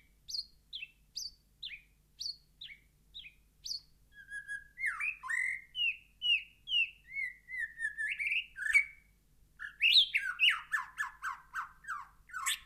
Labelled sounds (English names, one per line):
White-rumped Shama song